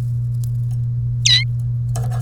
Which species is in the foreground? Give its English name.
Domestic Canary